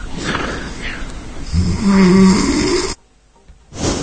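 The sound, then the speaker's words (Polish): A person snoring loudly: a long, rumbling low-pitched inhale with a rattling, nasal texture, followed by a brief pause and the start of another snore. “To, no, to jest właśnie moje chrapanie.”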